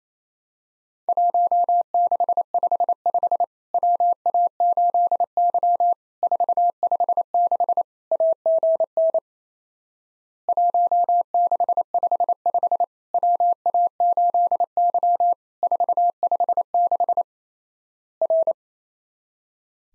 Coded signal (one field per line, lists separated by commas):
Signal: Morse code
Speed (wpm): 28 wpm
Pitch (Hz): 700 Hz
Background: none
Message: 1655 WA8Y 456 AGN 1655 WA8Y 456 R